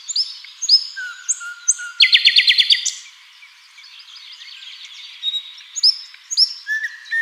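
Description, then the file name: Common nightingale song: high whistles, a long low whistle, then a loud fast rattling trill, followed by softer varied chirps. "Luscinia megarhynchos"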